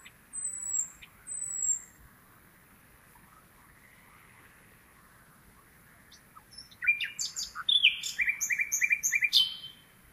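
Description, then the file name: Common nightingale song: two brief high whistles, a long pause, then a burst of varied chattering notes and fast repeated pulses near the end. "Luscinia megarhynchos"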